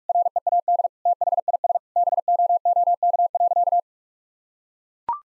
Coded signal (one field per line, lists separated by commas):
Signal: Morse code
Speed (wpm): 41 wpm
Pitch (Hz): 700 Hz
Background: none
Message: READ THIS BOOK.